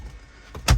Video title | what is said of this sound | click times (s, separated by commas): Toyota 5G 4Runner Dashtop Multi Mount Install | in make sure everything clicks into place | 0.7 s